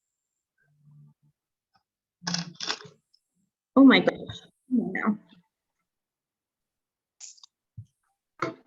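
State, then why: Seated. A metal clock hand is pressed onto the clock movement's center shaft until it snaps on, seating with a small click at 8.4 s. Before that, someone talks, and a few faint taps are heard.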